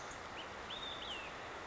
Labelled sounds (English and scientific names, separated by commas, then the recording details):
Olive-sided Flycatcher (Contopus cooperi)
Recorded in Sonoma County, California